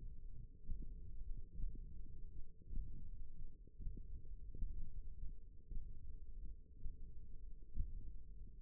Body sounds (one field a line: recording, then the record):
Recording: forearm muscle sounds (acoustic myography)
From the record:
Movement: finger pinch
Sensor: system 1, eight BSWA MPA416 microphones around the upper forearm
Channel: 2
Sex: male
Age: 23 years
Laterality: right